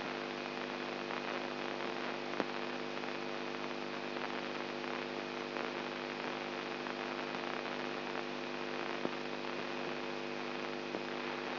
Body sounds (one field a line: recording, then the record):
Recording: brain microelectrode recording played as sound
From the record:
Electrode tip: inside the subthalamic nucleus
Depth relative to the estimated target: 2 mm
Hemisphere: right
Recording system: AlphaMap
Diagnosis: Parkinson's disease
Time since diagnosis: 13 years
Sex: female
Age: 63 years